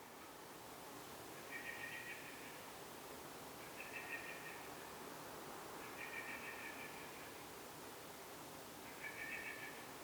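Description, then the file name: Eurasian blackbird calls, four faint rattling bursts, each about a second long, repeated every two to three seconds over steady hiss. "Turdus merula"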